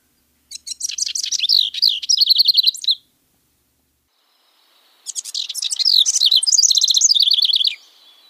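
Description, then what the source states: House Wren song: two fast, loud, bubbling bursts of rapid chattering trills, each about two to three seconds long, separated by a pause. Fast and loud song; a specialist of dry areas and dry forested coniferous edges on the Olympic Peninsula, mainly around Sequim and Port Townsend.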